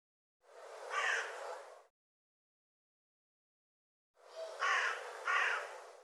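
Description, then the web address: Bird calls: two harsh, raspy bursts separated by silence, the second holding two strong grating notes in quick succession. "cianscape birddata Deverinetal 2025 File cleaned normalized Bird"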